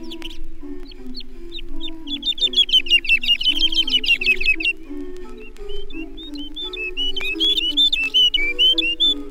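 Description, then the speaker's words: Woodlark song with liquid, whistled notes in descending cascades, phrases broken by short pauses, over low sustained tones. Sings in flight high in the sky, by day or at night, looping flight matching cascades of pure notes; recorded at night on the Causse du Larzac, France; played on a radio programme. "L'alouette Lulu chante en vol haut dans le ciel, de jour comme en pleine nuit. Son vol festonné semble matérialiser comme par une danse ses cascades de notes pures. J'ai enregistré cette Lulu de nuit sur le Causse Larzac."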